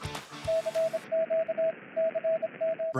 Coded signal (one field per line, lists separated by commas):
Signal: Morse code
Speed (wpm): 27 wpm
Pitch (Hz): 650 Hz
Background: radio noise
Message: CQCM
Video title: Saturday Morning Ham Radio HF Live Stream with AF0F 2026-04-04 14:00 UTC